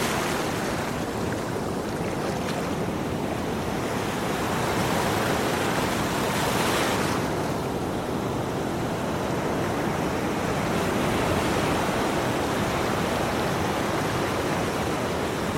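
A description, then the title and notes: Ocean waves wash in a steady, dense rush of surf, with a brighter swell cresting around six to seven seconds, then settling back. Serene Ocean Waves.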